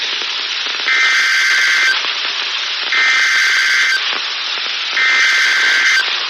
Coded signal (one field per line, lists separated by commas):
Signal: Emergency Alert System (SAME) tones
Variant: header bursts